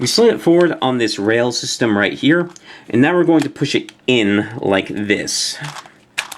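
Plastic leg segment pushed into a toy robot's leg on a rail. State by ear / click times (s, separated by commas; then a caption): not seated / none. Someone talks while a plastic leg segment of a large plastic robot figure is slid forward along a rail and pushed into the leg during its transformation. Two brief sharp sounds occur near the end, at about 6.2 and 6.3 seconds, but the part has not seated or clicked into place yet.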